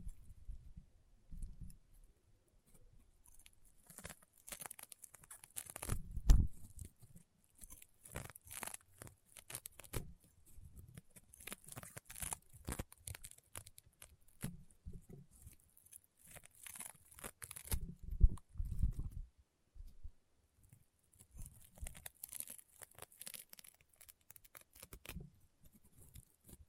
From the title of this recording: EXTREME CRUNCHY AND POPPING SOUNDS Rainbow Honeycomb Slime